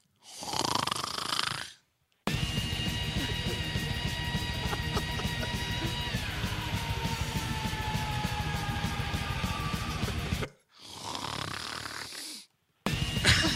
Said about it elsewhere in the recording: Frank taped you snoring that sounds like more of a scream than a snore.